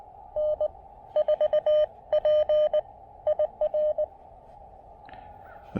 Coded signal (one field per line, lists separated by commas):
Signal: Morse code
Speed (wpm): 18 wpm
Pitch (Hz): 600 Hz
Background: none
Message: N4PIR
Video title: A speedy QRP park activation with the Elecraft KX2 and AX1 at the BRP Folk Art Center!